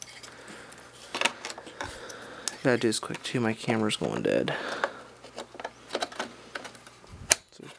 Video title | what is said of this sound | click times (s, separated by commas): How to Upgrade the Ram in a Dell 4600 in under 3mins! (no tools needed) | push it in like that and you hear the clicks you know it's in | 6.6 s, 7.3 s